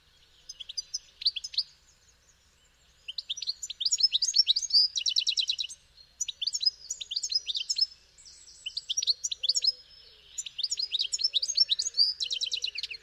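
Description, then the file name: European goldfinch in long, liquid twittering phrases with short trills, broken by short pauses, continuing almost throughout. "Carduelis carduelis"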